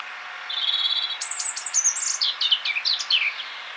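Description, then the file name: European robin singing: a thin high trilled note, then a quick run of high, varied twittering notes, several of them falling, against a quiet background. "Erithacus rubecula"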